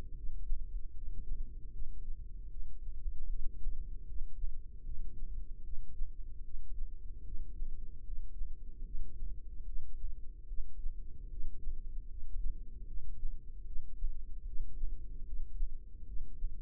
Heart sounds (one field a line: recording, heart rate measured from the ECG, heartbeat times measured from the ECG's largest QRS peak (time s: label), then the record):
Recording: heart sounds by microphone in the left ear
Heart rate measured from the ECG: 75 bpm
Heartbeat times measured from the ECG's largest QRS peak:
0.14 s: heartbeat
0.92 s: heartbeat
1.71 s: heartbeat
2.49 s: heartbeat
3.28 s: heartbeat
4.05 s: heartbeat
4.83 s: heartbeat
5.62 s: heartbeat
6.42 s: heartbeat
7.23 s: heartbeat
8.03 s: heartbeat
8.83 s: heartbeat
9.65 s: heartbeat
10.47 s: heartbeat
11.28 s: heartbeat
12.07 s: heartbeat
12.86 s: heartbeat
13.64 s: heartbeat
14.44 s: heartbeat
15.24 s: heartbeat
16.05 s: heartbeat
From the record:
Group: healthy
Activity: rest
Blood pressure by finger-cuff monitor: 107/72 mmHg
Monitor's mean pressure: 86 mmHg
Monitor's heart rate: 75 bpm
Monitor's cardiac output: 5.5 L/min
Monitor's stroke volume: 74 mL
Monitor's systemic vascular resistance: 1140 dyn s/cm5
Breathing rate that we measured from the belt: 16 breaths a minute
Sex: female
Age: 43 years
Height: 160 cm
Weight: 90 kg